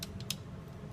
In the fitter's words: You'll hear it click.